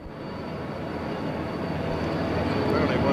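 Helicopters circle overhead above the historic Römerberg square in Frankfurt, awaiting President John F. Kennedy's arrival in 1963: a steady low, throbbing engine rumble that slowly grows louder over a few seconds, with a broad wash of noise and no break in the drone.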